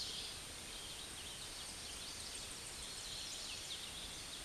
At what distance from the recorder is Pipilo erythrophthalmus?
about 15 m